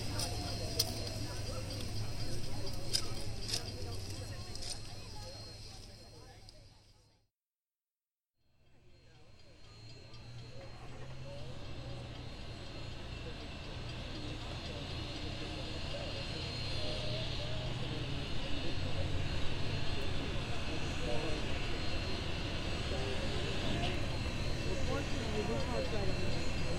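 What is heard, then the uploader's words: A steam locomotive sits at a street crossing, giving off a steady low rumble and hiss under the murmur of voices. Around seven seconds the sound drops out completely for a moment, then the same dense idling noise returns and holds. 844 Big Boy, Pacific, MO. A stereo field recording from October 2016 in Pacific, Missouri.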